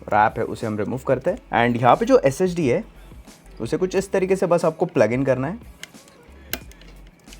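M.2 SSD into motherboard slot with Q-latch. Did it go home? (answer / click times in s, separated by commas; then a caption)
yes / 6.5 s. Someone talks while an M.2 SSD is plugged into a motherboard slot and held by a tool-free Q-latch. After the talking stops, the latch locks the SSD in with a single sharp click at 6.5 s, followed by a few faint small clicks. The SSD is seated.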